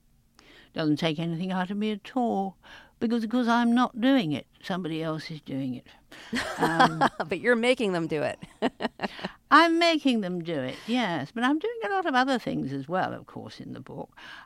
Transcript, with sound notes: Doesn't take anything out of me at all because I'm not doing it. Somebody else is doing it.
(Laughter) But you're making them do it (laughter).
I'm making them do it, yes, but I'm doing a lot of other things as well, of course, in the book.